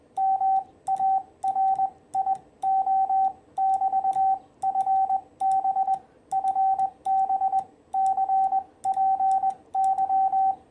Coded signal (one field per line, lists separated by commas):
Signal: Morse code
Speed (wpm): 19 wpm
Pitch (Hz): 770 Hz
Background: none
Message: MARIO<BT>FB FB CPY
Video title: 6' High 40m EFHW Real World SHTF Antenna - 2nd Contact Attempt